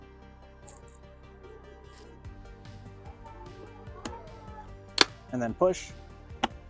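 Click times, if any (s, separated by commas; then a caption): 6.4 s. A replacement plastic visor side plate is lined up with its two clips on the shell of an Icon Airform motorcycle helmet and pushed in as someone talks over background music. One sharp click is heard at 6.4 seconds as the side plate clips snap home and the piece is seated.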